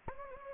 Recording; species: mosquito wingbeat signal from an infrared sensor; Anopheles gambiae